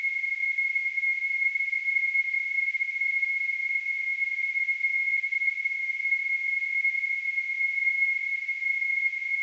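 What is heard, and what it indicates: A steady, high-pitched ringing tone with a faint hiss, centred just above 2 kHz and unchanging in pitch and loudness, runs the full nine seconds with no other sound. It is a simulation of tinnitus, the constant phantom ringing that a person with the condition hears.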